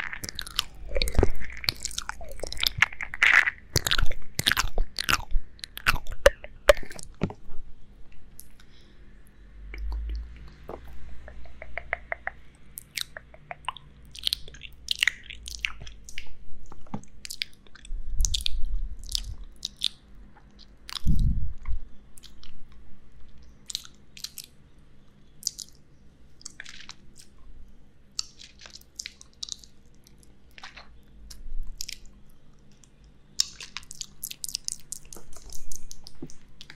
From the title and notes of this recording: Ear Eating y Mouth sounds. Combino el comer orejas con un ASMR mouth sounds.